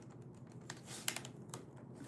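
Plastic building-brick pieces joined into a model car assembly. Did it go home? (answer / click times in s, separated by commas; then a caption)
yes / 1.1 s. Plastic Technic pieces are pressed together on a Bronco model car assembly, with several short, sharp plastic ticks around 0.7, 1.2, 1.3 and 1.5 seconds. The loudest, crisp click at 1.1 seconds is where the pieces seat together.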